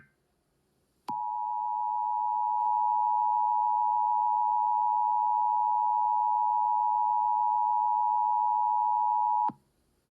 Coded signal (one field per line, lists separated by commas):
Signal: Emergency Alert System (SAME) tones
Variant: 853 and 960 Hz attention tone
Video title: Terror Dogs: An EAS Horror Scenario (Non Age-Restricted Version)